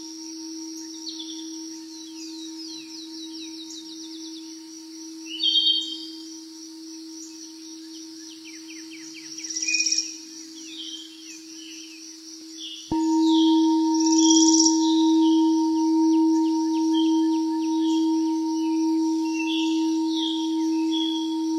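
A singing bowl hums steadily beneath birdsong in nature, a pure ringing tone with a faint higher overtone. Busy chirps and trills fill the upper range throughout, and near thirteen seconds the bowl is struck again, swelling louder and wavering gently to the end.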